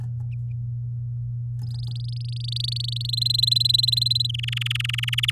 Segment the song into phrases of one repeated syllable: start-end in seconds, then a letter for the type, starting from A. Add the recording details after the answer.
1.63-3.11 A, 3.13-4.27 B, 4.29-5.31 C. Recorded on 9 May 2018 at 12:02. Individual llb16